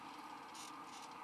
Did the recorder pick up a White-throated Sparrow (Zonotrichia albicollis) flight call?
no